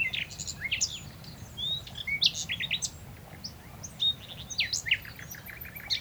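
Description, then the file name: Common nightingale song, a continuous run of varied whistled notes, clicks and rising slurs, delivered in quick bursts with short pauses, over a low background rumble. "Luscinia megarhynchos"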